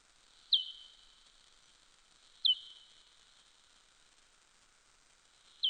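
Soprano pipistrelle calls, clicky downward-sweeping chirps each with a short smeared tail, three in the span a few seconds apart, against quiet background.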